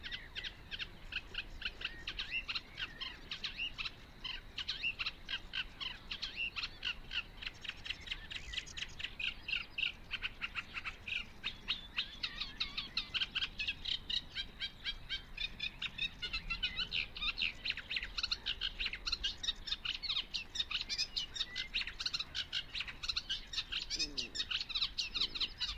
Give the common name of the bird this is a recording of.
Eurasian Reed Warbler